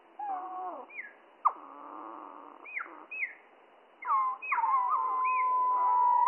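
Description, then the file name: Spotted flycatcher song slowed down, giving low descending glides, a sharp click-like note and a closing sustained whistle amid looping phrases. Slowed down three octaves, mono. "GOBE MOUCHE GRIS MOINS TROIS OCTAVES"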